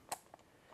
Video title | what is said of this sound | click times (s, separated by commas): Tripod Setup | then the plastic thing just pop into place like that | 0.1 s